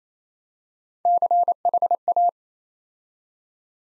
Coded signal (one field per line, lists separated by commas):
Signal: Morse code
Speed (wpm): 29 wpm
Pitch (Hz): 700 Hz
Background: none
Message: CHA